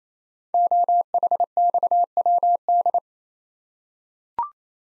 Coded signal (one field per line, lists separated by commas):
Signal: Morse code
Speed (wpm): 27 wpm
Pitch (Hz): 700 Hz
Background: none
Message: OHXWD